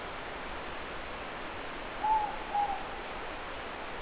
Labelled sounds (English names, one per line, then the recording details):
Morepork more-pork call
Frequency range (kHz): Morepork 0.7-1.0 kHz
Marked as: faintness 3/5
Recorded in New Zealand
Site Eglinton